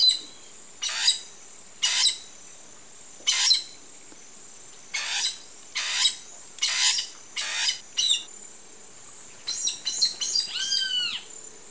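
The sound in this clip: Bird giving harsh, raspy calls repeated roughly every second, ending in a burst of clear, arching whistled notes, over a steady high hiss.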